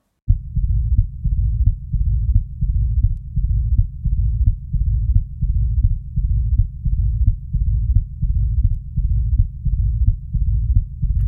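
Adult heart heard by stethoscope at about 88 beats per minute, with the murmur of mitral stenosis: a low-frequency mid-diastolic murmur, the diastolic rumble.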